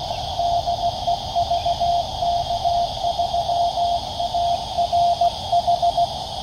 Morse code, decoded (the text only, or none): DE VK3ARH